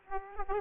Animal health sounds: mosquito wingbeat signal from an infrared sensor; Aedes aegypti

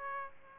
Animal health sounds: mosquito wingbeat signal from an infrared sensor; Aedes aegypti

